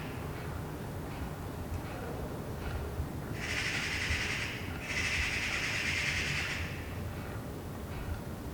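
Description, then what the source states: Eurasian magpie giving a loud, grating chatter, one rattling burst followed after a brief pause by a longer one lasting nearly two seconds, with low background rumble. Several magpies chattering in a tree beside a balcony in Saint-Gilles, Belgium, on a Sunday morning; recorded on a Sony PCM-D100.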